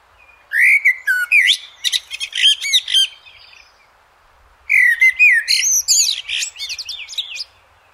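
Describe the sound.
Eurasian blackbird song in two phrases: fluted whistles trailing into high, chattering twitters, separated by a pause of about a second and a half.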